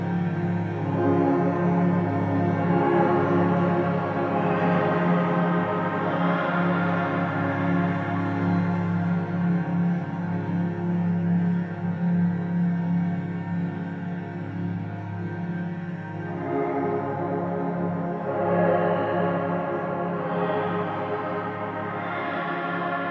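A soft upright piano plays slow, sustained chords that ring into one another, keeping the level even and full throughout. The low notes hum steadily underneath while the upper notes shift gently, with a noticeable chord change at about sixteen seconds.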